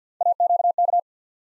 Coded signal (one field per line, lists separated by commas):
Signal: Morse code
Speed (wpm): 50 wpm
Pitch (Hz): 700 Hz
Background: none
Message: AQK